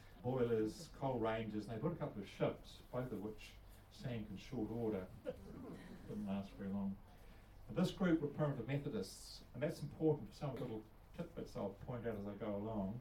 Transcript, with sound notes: boilers, coal ranges, and they built a couple of ships, both of which sank in short order. [Chuckles] Didn’t last very long. And this group were Primitive Methodists, and that’s important for some of the little tidbits that I’ll point out as I go along.